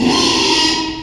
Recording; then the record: squeal of a Yucatan mini pig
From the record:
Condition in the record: after surgery on the right vocal fold (resection and tissue-engineered implant); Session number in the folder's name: 2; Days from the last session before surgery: 13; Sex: male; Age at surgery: 12 weeks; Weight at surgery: 13 kg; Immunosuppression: cyclosporine, prednisolone